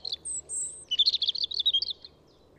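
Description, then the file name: European robin song phrase: brief high notes and a drawn-out thin whistle, followed by a quick liquid warbling run of notes. "Erithacus rubecula"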